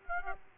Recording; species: mosquito wingbeat signal from an infrared sensor; Aedes aegypti